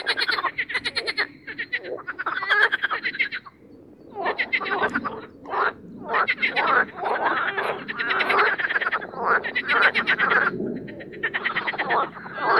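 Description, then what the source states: Marsh frog chorus, dense overlapping pulsed croaks and rattling trills in bursts. Spring mating chorus of marsh frogs in an artificial boating pond at Parc Chédeville, Oise, France, after a cold night.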